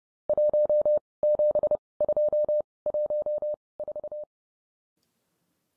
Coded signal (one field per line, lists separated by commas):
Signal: Morse code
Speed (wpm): 30 wpm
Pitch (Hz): 600 Hz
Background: none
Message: 17214